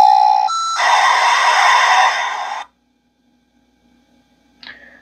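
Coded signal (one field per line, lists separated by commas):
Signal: dial-up modem handshake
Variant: 56k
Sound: a steady buzzy tone, a short higher tone, then about two seconds of harsh hiss, then silence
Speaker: so what the modem is doing right now it's connecting to the internet service provider's modem and they're talking to each other to try to establish a protocol to connect and at what speed to connect at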